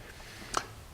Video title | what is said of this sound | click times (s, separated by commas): Liposurg Setup Guide | what you do is just pull back on the connector line up the two red arrows and it's snaps in place now | 0.6 s